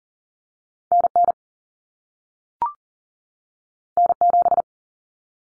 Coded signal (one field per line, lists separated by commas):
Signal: Morse code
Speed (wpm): 40 wpm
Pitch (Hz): 700 Hz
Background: none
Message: NN N7